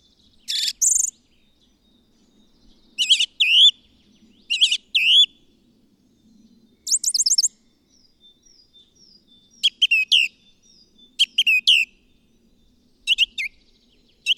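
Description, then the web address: Bird song in separate phrases with pauses between, mixing sharp chirps and slurred whistled notes. A faint high tone sounds in between. "madarak enek"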